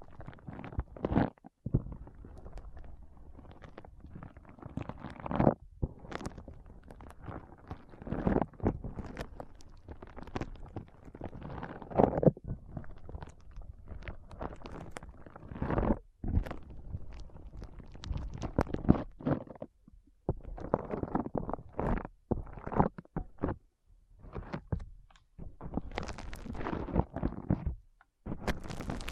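Foam being squeezed and rubbed in a brain massage, with dense crackling and squishing that comes in irregular bursts throughout. Some strokes are deep and rumbly, others crisp and bright, with brief near-silent pauses around 2, 16 and 19 seconds.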